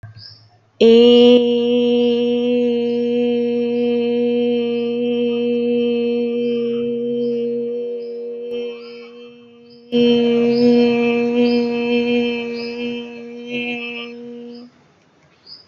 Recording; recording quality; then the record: sustained vowel as in made; excellent, no background noise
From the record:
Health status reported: healthy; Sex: female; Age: 30 years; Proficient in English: yes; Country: India